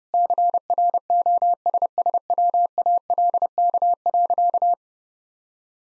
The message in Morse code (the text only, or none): CROSSWALK.